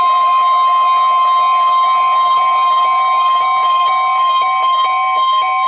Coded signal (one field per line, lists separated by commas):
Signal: Emergency Alert System (SAME) tones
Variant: 1050 Hz attention tone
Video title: Required Weekly Test - 01/01/20 (EAS #2,007)